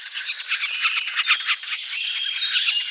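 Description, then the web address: Middle spotted woodpecker calling: a continuous run of harsh, noisy, chattering notes in quick succession throughout, with no other clear sounds. "Dendrocopos medius"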